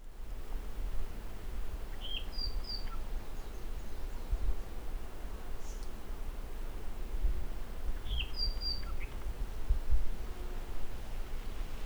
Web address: Himatione sanguinea